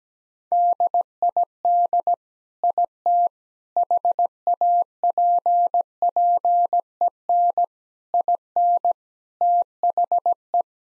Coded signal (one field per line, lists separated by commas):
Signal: Morse code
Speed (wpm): 17 wpm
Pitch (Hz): 700 Hz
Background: none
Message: DID IT HAPPEN IN THE